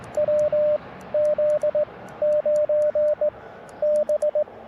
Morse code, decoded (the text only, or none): WZ9B